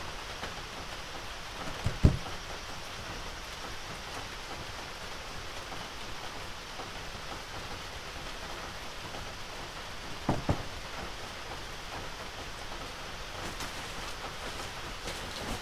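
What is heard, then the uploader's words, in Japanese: Rain falls steadily on an evening before a typhoon, a dense, even hiss that holds across the whole stretch. Two brief knocks stand out, one near two seconds and another around ten and a half. Toward the end, sharper drips crackle briefly. 台風前の雨降りの夕方、軒下で乾かしていた人参のタネを落としています。手でしごき落とし、バラしていきます。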